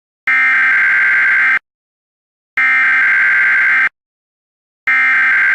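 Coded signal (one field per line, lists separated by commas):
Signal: Emergency Alert System (SAME) tones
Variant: header bursts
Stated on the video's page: Fictional EAS test made in 2010, with the message slightly redone later.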